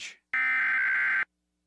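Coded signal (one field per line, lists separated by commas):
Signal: Emergency Alert System (SAME) tones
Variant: header bursts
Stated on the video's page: Mock EAS scenario using valid EAS tones.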